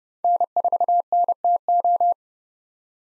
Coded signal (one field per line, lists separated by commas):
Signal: Morse code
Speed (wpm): 30 wpm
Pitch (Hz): 700 Hz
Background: none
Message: N4NTO